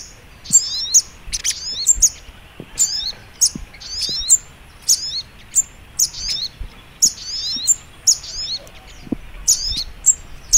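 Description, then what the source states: Little spiderhunter giving a steady run of shrill, clipped notes, bunched in small groups. Masteran (training) recording, titled Labaik.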